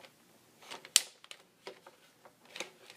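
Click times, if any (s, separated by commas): 1.0 s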